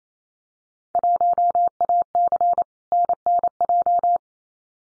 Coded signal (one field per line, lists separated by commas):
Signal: Morse code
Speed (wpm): 28 wpm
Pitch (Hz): 700 Hz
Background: none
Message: 1AC NNJ